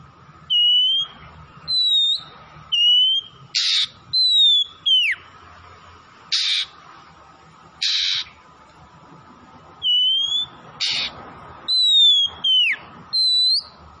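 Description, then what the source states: Oriental magpie-robin song, clear whistled notes and downslurs interspersed with harsh buzzy bursts, in repeated phrases over a faint hum. Kacer from Tretes, singing vigorously (gacor).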